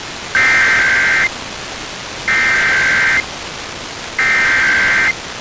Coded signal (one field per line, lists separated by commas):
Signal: Emergency Alert System (SAME) tones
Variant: header bursts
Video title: PA RMT (7/21/22)(EAS 1211-1217)